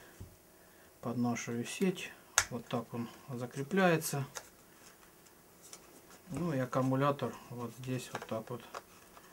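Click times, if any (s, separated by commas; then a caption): none. A Panasonic CGA-D54S (D54S) 5700 mAh camera battery pack is handled at a charger cradle while someone talks, with faint handling noises between the speech. Nothing has seated or clicked into the charger yet.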